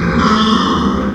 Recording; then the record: squeal of a Yucatan mini pig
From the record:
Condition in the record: after surgery on the right vocal fold (resection and tissue-engineered implant); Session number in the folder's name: 15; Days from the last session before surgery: 175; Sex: female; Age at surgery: 19 weeks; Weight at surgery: 25 kg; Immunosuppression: prednisolone